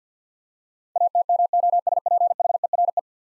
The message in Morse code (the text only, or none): ATMOSPHERE